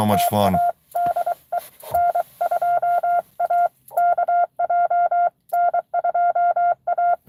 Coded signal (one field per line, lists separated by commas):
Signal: Morse code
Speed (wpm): 25 wpm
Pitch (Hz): 700 Hz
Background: speech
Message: TA DE N2AKJ N2A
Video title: N2AKJ is live! Doing pota at us-2149 #pota #ssb